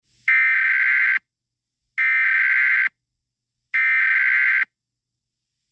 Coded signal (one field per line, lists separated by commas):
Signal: Emergency Alert System (SAME) tones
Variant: header bursts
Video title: EAS SCENARIO 15: Scar E.X.E